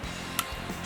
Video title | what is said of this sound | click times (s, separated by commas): Shooting from the hip. Spring bear hunt in Saskatchewan at Spirit Creek Outfitters with a big bear | and continue cranking you want to crank it all the way till you hear that click | 0.4 s